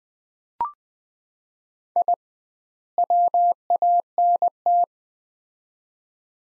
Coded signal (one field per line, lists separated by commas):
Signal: Morse code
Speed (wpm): 21 wpm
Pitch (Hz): 700 Hz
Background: none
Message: I WANT